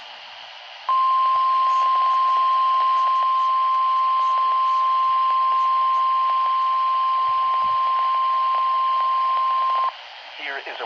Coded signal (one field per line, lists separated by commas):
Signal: Emergency Alert System (SAME) tones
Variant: 1050 Hz attention tone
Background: speech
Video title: Double EAS: Winter storm warning